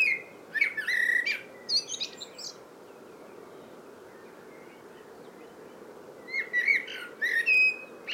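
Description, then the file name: Common blackbird song, a fluted, warbling phrase with squeaky flourishes, then a long silent gap before a second, similar phrase at the end. "Turdus merula"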